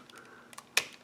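A small brick-built Powermaster figure is pushed into its slot in the engine block of a brick-built Transformers Godmaster Road King robot model. Faint ticks at 0.1, 0.5 and 0.6 seconds lead to one loud, sharp snap at 0.8 seconds. The figure seats in the engine block.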